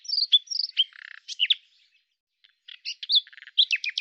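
Common nightingale song, brisk and varied: whistled downslurs, a low buzzy rattle, then a pause and another jumble of quick chirps and trills.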